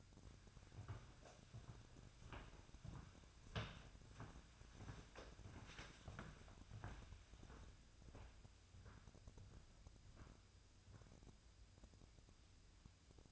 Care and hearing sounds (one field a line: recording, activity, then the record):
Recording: daily activity, microphone in the room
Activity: walk to room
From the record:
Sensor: 2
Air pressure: 999.8 hPa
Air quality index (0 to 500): 118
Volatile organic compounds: 2 ppm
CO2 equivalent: 1020 ppm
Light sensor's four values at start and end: 31/74/33/37 and 33/78/35/40